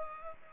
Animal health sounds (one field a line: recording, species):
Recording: mosquito wingbeat signal from an infrared sensor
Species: Culex pipiens